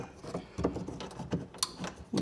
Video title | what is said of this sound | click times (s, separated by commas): Install tips and tricks! Boost Auto ION Series Light Up LED Door Handles - 2015-2020 Ford F150 | Once you have those tightened, don't forget to reinstall this harness here. Once you hear it latch. | 1.6 s